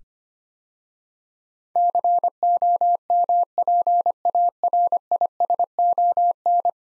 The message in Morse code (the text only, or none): COMPARISON